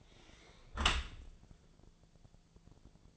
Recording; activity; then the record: daily activity, microphone in the room; close dishwasher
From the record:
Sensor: 5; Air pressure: 1000.6 hPa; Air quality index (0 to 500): 150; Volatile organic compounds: 2 ppm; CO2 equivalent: 1153 ppm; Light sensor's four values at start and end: 40/91/39/42 and 40/91/39/42